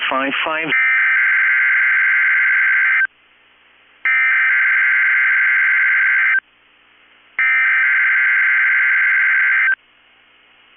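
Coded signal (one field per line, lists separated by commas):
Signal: Emergency Alert System (SAME) tones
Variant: header bursts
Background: speech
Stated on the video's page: Required weekly test on weather radio station KEC65, one attempt failed and one sent normally.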